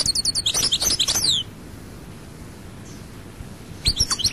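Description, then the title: European goldfinch song: a short burst of high twittering notes, then quiet, then the start of another twitter. "Chant Chardonneret"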